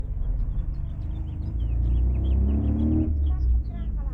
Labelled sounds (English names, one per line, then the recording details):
House Finch song
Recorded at Neponsit on Long Island, New York, on 4 June 1975
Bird B